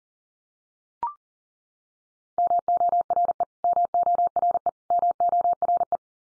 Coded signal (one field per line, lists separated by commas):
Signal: Morse code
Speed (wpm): 40 wpm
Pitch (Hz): 700 Hz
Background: none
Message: MORE MORE MORE